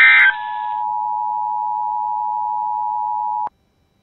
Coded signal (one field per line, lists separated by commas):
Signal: Emergency Alert System (SAME) tones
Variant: 853 and 960 Hz attention tone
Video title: Tests Galore (EAS 673-684)